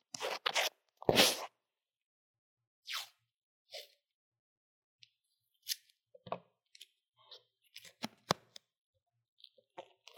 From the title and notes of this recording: 各種玩弄線麥!! Lo-fi Earphone Mic drawing & Makeup | No Talking.